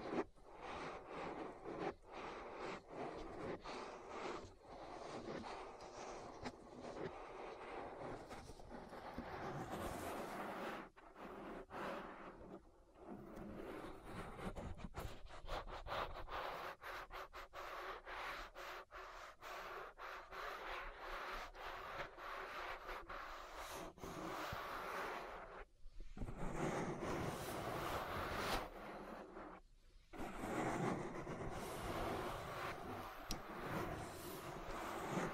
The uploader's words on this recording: ASMR Relaxing Ear Massage. (No Talking).